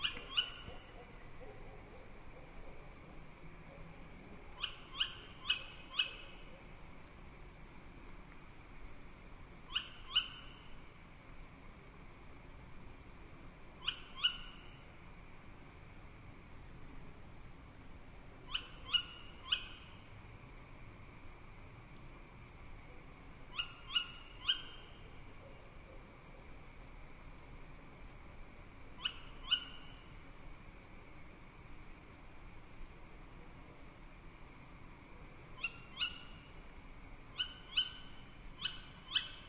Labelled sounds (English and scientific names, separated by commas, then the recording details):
Tawny Owl (Strix aluco) call
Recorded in the wild
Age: juvenile
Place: Kützerhof, Kummerower See, Mecklenburg-Vorpommern, DE
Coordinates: 53.87, 12.8672
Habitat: wood
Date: 2010-05-20 23:18
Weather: cloudy, 15°C, weak winds
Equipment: Sound Devices 702, Sennheiser MKH 70, Rycote Windschutz
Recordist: Frommolt, Karl-Heinz